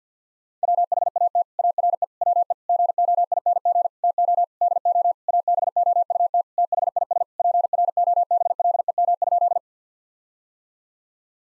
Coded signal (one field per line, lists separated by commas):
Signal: Morse code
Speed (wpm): 50 wpm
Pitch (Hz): 700 Hz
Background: none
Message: WHAT ARE WE GOING TO DO ABOUT THIS PROBLEM?